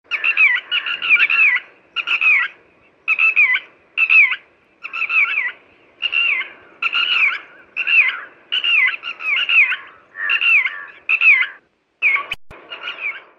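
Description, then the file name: Northern lapwing calling, wheezy slurred pee-wit notes repeated roughly once a second in a steady series, with one brief click near the end. "chibis"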